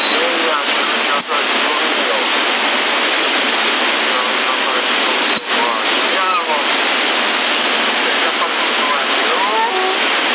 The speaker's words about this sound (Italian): Ventilatore va diretto.